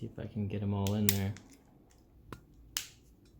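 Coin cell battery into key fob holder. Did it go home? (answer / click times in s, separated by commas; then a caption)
yes / 2.8 s. A CR2016 coin cell is pressed into a key fob circuit board holder under three retaining lips. Someone talks first, then a faint tick sounds at 2.3 s before a sharp snap at 2.8 s as the cell seats under the lips.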